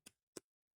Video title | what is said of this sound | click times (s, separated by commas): Build The Enterprise D Bassi Deflector Dish Mod | That's snapped back into place beautifully. | 0.1 s, 0.4 s